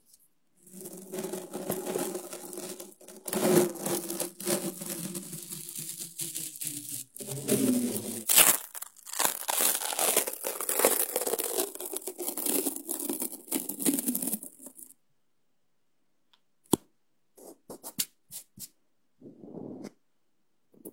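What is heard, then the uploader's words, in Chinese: Very sticky tape is pulled off in a long, rasping rip that runs almost without a break for about fifteen seconds, crackling and bright, with a sharp snap near the eight-second mark. Then it goes quiet apart from a few clicks and a short low rustle near the end. 胶带超黏（呲啦声）。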